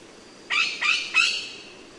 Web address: chants piofus